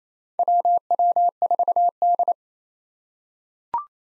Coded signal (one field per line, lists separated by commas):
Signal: Morse code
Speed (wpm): 28 wpm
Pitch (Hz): 700 Hz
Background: none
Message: WW4D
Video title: 2023 SOTA Activator Call Signs - 28wpm